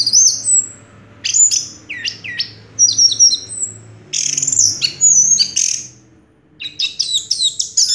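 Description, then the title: Orange-headed thrush song: bursts of high, varied warbled and whistled phrases with sharp sweeping notes, separated by short pauses; a faint low hum underneath. Call used to prompt a silent orange-headed thrush to sing. "Anis Merah Macet.. Pancing Dengan Suara Ini.. # Anis Merah"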